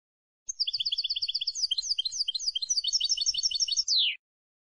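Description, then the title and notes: European goldfinch song: rapid repeated high notes in quick runs, shifting between motifs, closing with a descending slur; faint low clicks beneath. Clean goldfinch song from a CD, for copying in song training of birds. "Cd Jilguero. Cd de canto de jilguero limpio para copia"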